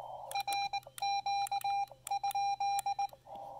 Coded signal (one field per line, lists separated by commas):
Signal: Morse code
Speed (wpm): 19 wpm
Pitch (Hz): 2400 Hz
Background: none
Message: RQ?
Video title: POTA Field Report: Let's build a super simple speaker wire antenna on site and activate this park!